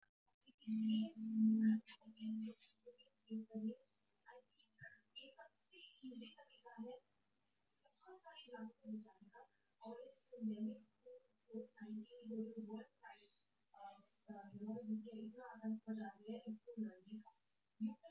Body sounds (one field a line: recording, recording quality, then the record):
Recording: deep breathing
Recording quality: poor, much background noise or distortion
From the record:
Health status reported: healthy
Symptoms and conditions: none ticked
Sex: male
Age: 24 years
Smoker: not ticked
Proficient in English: yes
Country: India